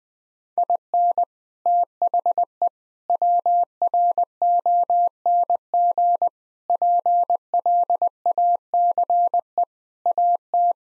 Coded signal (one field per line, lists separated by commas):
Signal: Morse code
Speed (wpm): 20 wpm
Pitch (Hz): 700 Hz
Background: none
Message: IN THE WRONG PLACE AT